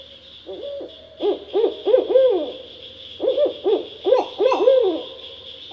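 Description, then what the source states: Barred owl hooting in a rapid, rhythmic series of low, arched notes, two bursts of hoots separated by a short pause, with a steady faint hiss behind. Recorded 9 May 2012.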